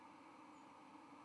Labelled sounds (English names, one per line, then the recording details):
White-throated Sparrow flight call
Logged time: 09:04 on 31 October 2014